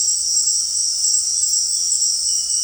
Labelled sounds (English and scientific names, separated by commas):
none